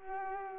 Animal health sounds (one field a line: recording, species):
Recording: mosquito wingbeat signal from an infrared sensor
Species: Culex pipiens